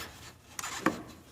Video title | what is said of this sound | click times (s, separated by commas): Automotive Tech: Light bulb & Wiper Service | there you go clicked into place okay so that's how we do the front marker bulbs | 0.9 s